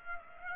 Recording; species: mosquito wingbeat signal from an infrared sensor; Culex pipiens